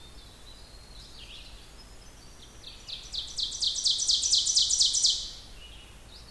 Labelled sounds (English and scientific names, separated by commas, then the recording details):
Ovenbird (Seiurus aurocapilla) song
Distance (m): 20 m
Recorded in boreal forest in Alberta, Canada, on 16 June 2016 at 05:26
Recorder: SongMeter 3, array SBT-3-32
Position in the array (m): 136 m, 57 m
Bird 36